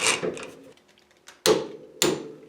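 A torque wrench tightens the steel rear axle hub lock nut to 55 ft-lb. After a noisy opening, a sharp click comes at 1.5 s, followed by a second sharp click at 2.0 s. The wrench reaches its setting and torque is confirmed.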